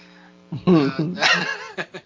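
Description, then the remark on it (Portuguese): Seagulls call over a low steady hum: a few loud, wavering squawks that rise and fall in pitch, then short sharp cries near the end. “Não, eu acho que parece um pássaro, alguma coisa. É a gaivota, são as gaviotas.”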